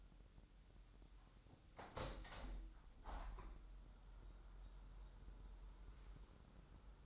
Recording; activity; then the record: daily activity, microphone in the room; open window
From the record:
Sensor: 3